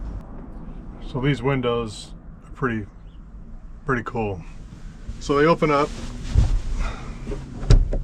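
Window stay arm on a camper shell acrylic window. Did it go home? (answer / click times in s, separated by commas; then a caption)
yes / 7.7 s. Someone talks while pushing open an acrylic window on a DIY camper shell for a Toyota Tundra. The window's hinge stay arm gives a sharp click at 7.7 s, and the stay seats and holds the window open.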